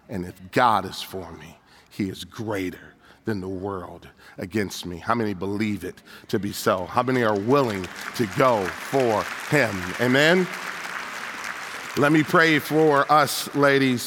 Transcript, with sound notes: And if God is for me, He is greater than the world against me.” How many believe it to be so? (applause) How many are willing to go for Him? Amen? Let me pray for us, ladies.